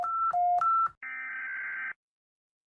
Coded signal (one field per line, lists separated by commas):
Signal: Emergency Alert System (SAME) tones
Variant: header bursts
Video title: Egypt Eas Alarm (tsunami and tornado and tufon)